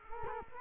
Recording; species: mosquito wingbeat signal from an infrared sensor; Culex quinquefasciatus